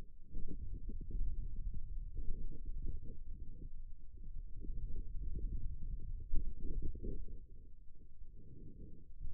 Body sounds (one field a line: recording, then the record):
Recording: forearm muscle sounds (acoustic myography)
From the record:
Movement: hand opening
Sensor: system 2, bracelet of six BSWA MPA416 microphones around the upper forearm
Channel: 4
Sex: male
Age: 22 years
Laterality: right